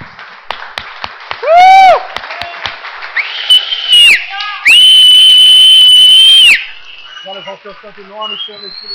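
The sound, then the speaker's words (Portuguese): A crowd applauding the name of the Lord claps in a dense, steady patter while loud, shrill whistles ring out, one arching up and down, another held long and piercing, with shouts and cheers mixed in. “E aplauda o nome dele bem forte, hein?”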